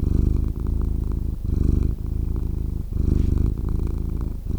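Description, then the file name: Domestic cat purring: a low, throbbing purr that rises and falls with each breath, with a brief dip at each turn of breath. "Cat Purring Sound Extended Version"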